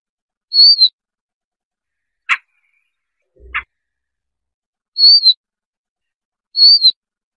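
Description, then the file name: Siberian rubythroat calls: a few slurred high whistles, with two sharp dry clicks between them and silence between notes. "Tieng chim oanh co do"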